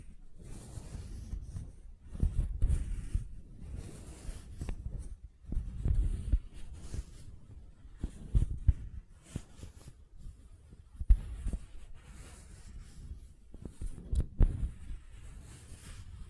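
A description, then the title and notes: Gentle silicone sounds: soft squishing and rubbing come in uneven bursts, each lasting a second or two, mostly low and muffled with a faint brushing hiss. Brief sharp clicks stand out near eleven and fourteen seconds, with quiet pauses between strokes. ASMR Gentle Silicon Sounds for Sleep (No Talking).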